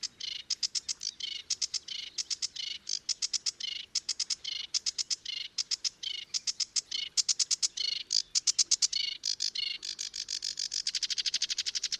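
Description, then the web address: Sedge warbler song: a fast, continuous run of harsh churring notes and chattering phrases, repeated in quick bursts, ending in a dense buzzy trill. "chant didier collin phragmite des joncs"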